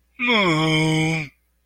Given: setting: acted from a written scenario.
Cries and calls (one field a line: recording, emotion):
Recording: vocal sound without words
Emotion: embarrassment